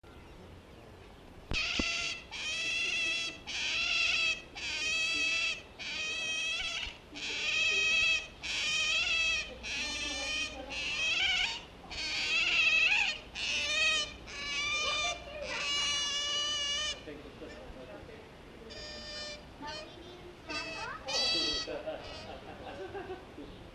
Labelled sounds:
European Otter (Lutra lutra) call

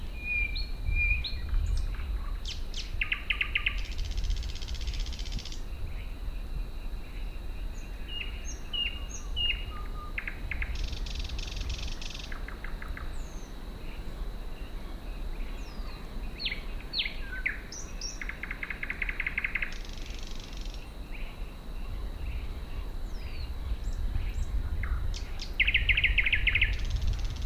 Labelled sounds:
Thrush Nightingale (Luscinia luscinia) song

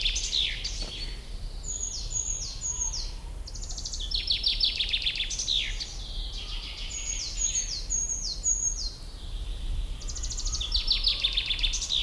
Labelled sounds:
Common Chaffinch (Fringilla coelebs) song

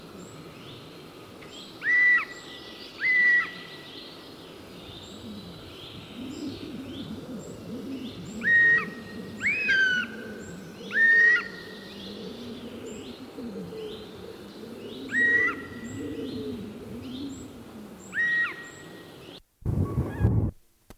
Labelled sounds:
Eurasian Jay (Garrulus glandarius) call

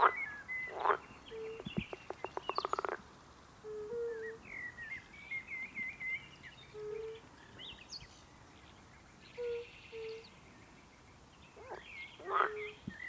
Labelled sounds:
Fire-Bellied Toad (Bombina bombina) call

